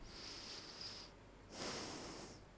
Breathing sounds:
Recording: one breath in and out by a microphone near the nose and mouth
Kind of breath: deep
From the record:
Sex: male

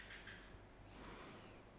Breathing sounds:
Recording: one breath in and out by a microphone near the nose and mouth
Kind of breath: normal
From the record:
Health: marked as sick, illness not named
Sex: female

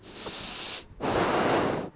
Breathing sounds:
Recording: one breath in and out by a microphone near the nose and mouth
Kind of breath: deep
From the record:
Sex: male

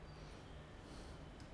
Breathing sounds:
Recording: one breath in and out by a microphone near the nose and mouth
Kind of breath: normal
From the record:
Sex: male

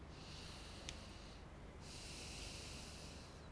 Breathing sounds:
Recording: one breath in and out by a microphone near the nose and mouth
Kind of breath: deep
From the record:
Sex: male

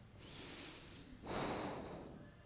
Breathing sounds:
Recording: one breath in and out by a microphone near the nose and mouth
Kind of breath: deep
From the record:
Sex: male

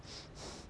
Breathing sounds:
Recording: one breath in and out by a microphone near the nose and mouth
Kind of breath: strong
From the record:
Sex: male

